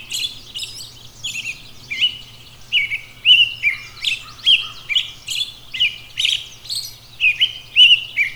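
Robin pouring out quick, high twittering phrases, a steady low hum running underneath.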